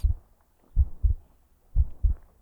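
Soft, deep thumps arrive in pairs, a lub followed by a dub, at a steady pace of about 60 beats a minute. It is a slow, even heartbeat of an adult woman heard up close, as if resting against her chest, in a quiet setting: a calming ASMR sound, a 'tokun, tokun' that brings relief and drowsiness when listened to for a long time.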